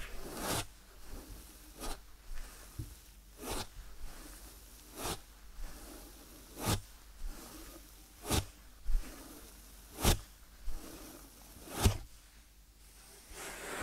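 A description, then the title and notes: ASMR ear treatment: crisp, zipper-like scratching swipes repeat steadily about every one and a half seconds over a quiet, soft hiss. ASMR 3D Brain Penetrating Ear Treatment.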